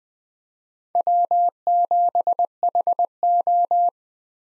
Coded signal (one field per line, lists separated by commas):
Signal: Morse code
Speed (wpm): 21 wpm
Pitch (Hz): 700 Hz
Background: none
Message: W7HO